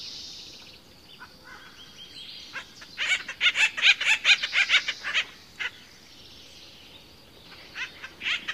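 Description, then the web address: Acorn woodpecker raucous chattering series, a burst of rapid harsh notes in the middle, then scattered single calls near the end. Common western North American bird. "Songs of Birds of North America Know Your Bird Sounds Common Western Species. Acorn Woodpecker"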